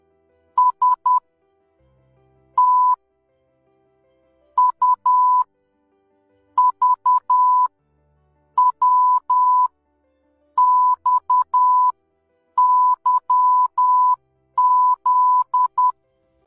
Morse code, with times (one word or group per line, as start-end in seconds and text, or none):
0.6-1.2 S
2.6-2.9 T
4.6-5.4 U
6.6-7.7 V
8.6-9.7 W
10.6-15.9 XYZ